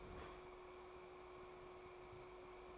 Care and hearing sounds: daily activity, microphone in the room; open fridge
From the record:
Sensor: 1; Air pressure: 1004.6 hPa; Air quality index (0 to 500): 192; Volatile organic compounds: 16 ppm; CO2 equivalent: 2540 ppm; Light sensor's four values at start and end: 5/12/4/4 and 5/11/4/4

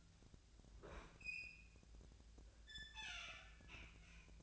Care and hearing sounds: daily activity, microphone in the room; open fridge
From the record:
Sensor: 2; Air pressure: 1009.5 hPa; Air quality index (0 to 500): 185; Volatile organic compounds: 11 ppm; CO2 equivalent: 2305 ppm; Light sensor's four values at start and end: 25/61/26/28 and 24/59/25/28

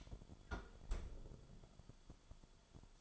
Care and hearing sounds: daily activity, microphone in the room; close fridge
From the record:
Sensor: 5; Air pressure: 1007.9 hPa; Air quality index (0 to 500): 95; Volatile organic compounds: 1 ppm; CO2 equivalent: 746 ppm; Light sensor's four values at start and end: 43/97/41/43 and 42/95/40/42

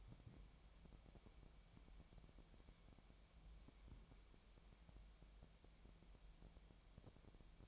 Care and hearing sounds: daily activity, microphone in the room; wipe stove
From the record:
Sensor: 1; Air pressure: 1007.1 hPa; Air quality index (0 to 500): 202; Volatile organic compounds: 21 ppm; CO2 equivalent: 2732 ppm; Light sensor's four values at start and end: 13/33/13/14 and 13/33/13/14

